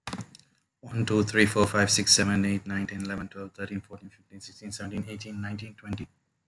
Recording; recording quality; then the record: counting at a fast pace; excellent, no background noise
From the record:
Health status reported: respiratory illness, not identified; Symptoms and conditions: cough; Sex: male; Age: 32 years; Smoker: yes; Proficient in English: yes